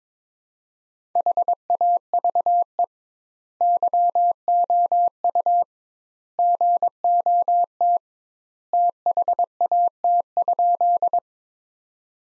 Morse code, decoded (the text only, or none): HAVE YOU GOT THAT?